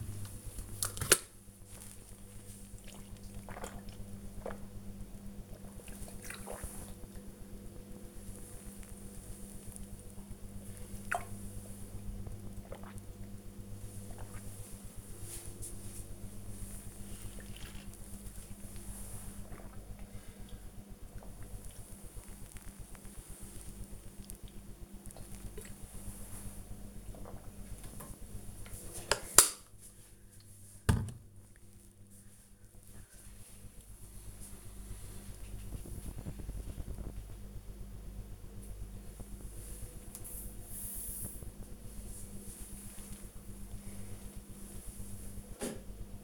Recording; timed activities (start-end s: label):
household activities, microphone on the right wrist
0.00-27.40 s: drinking